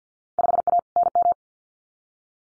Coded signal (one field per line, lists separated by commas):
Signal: Morse code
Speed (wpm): 50 wpm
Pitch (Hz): 700 Hz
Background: none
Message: 5A NM